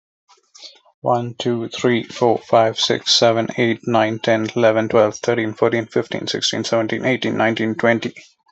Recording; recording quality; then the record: counting at a normal pace; excellent, no background noise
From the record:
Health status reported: healthy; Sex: male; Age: 40 years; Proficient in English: yes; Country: India